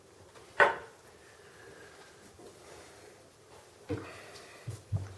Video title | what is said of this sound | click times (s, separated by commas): New Model Bear Archery Kodiak Traditional Bow Quiver | these things are really hard to snap in place all right | 0.6 s